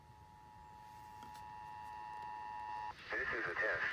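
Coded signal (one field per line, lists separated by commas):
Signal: Emergency Alert System (SAME) tones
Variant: 853 and 960 Hz attention tone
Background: speech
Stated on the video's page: Washington State EOC Required Monthly Test EAS, heard on AM and FM broadcast stations and on NOAA weather radio at 162.550 and 162.425.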